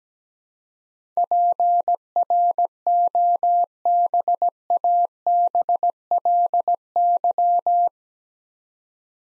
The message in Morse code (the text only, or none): PROBABLY